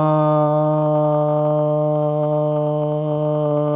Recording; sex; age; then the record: sustained vowel /a/; male; 30 to 39 years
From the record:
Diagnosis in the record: healthy control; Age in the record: 33 years